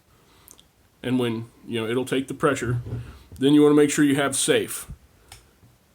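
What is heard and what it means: A steel rifle hammer in an AR-15/M4 lower receiver is pushed back during the function check of a newly installed trigger group and catches on the sear with a quiet double click at 0.5 and 0.6 seconds, showing the hammer is cocked and seated. Someone then talks, and another faint click follows at about 5.3 seconds.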